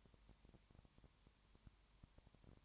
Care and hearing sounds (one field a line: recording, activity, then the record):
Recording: daily activity, microphone in the room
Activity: no activity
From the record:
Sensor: 3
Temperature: 21.1 degrees Celsius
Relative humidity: 37.0%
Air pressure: 1010.6 hPa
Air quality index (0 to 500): 204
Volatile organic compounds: 31 ppm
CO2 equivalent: 2974 ppm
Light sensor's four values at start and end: 2/3/2/2 and 2/3/2/2